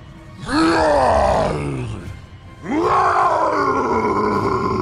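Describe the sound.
Two long, loud roaring battle cries from a deep, gravelly voice, the orc Durotan of World of Warcraft roaring as he raises his blood-covered axe after killing a talbuk, each cry rising harshly then sliding down in pitch, separated by a brief pause, with no speech around them.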